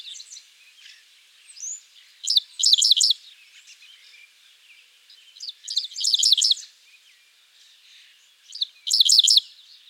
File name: Spiza americana - Dickcissel